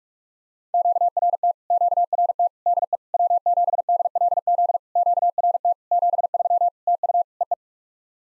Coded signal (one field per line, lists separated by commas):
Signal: Morse code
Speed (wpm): 48 wpm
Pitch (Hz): 700 Hz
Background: none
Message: QRT QRT DE W7DLZ QRT 73 TU EE